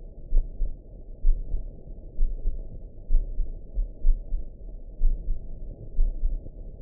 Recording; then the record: heart sounds by optical stethoscope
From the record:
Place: aortic valve (AV)